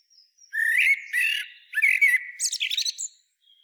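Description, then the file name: Common blackbird song: a sweet, mellow fluted warble, ending in a burst of fast, squeaky, high chittering notes. "Turdus merula"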